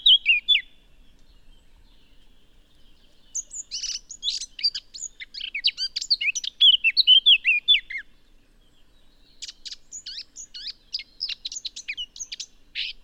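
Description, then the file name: Eurasian blackcap warbling in fast, scratchy runs of notes mixed with a few fluty tones, in bursts separated by silences of about one to three seconds. "Sylvia atricapilla"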